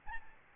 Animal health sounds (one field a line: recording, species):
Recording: mosquito wingbeat signal from an infrared sensor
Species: Aedes albopictus